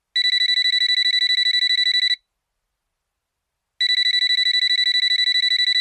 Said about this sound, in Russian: Размышления Далилы прервал телефонный звонок.